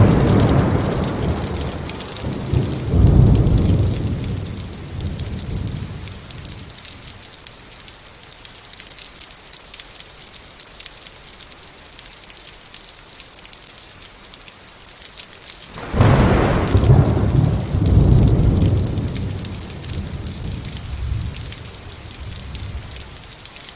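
Steady rain hisses throughout, dense and bright, with close drops pattering on a surface. Deep rolling thunder rumbles from the start to about six seconds, then a sharp crack near sixteen seconds opens another long, low roll that fades by twenty.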